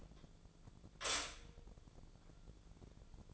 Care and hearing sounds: daily activity, microphone in the room; stop toaster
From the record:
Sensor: 5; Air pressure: 1000.4 hPa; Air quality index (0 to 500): 132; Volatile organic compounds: 2 ppm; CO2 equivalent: 1039 ppm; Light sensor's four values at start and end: 80/188/80/86 and 80/188/80/86

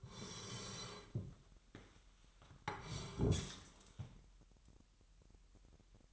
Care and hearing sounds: daily activity, microphone in the room; sit down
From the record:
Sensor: 3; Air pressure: 998.5 hPa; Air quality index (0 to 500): 127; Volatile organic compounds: 3 ppm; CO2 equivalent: 1516 ppm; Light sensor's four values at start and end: 11/23/10/12 and 8/19/8/8

